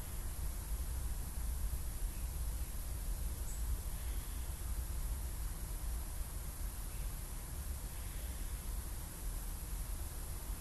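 Sprinklers give a steady, dense hiss that fills the whole clip without letup, over a heavy low rumble. A few faint, brief high chirps from a bird surface briefly near the middle, almost buried in the spray.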